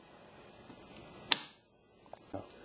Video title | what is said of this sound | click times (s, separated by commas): Plexus 2200 Overlay | would like to make sure the whole snaps in place firmly to the unit to ensure proper connection | 1.3 s